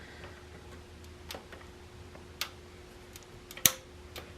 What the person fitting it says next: so there was the click right there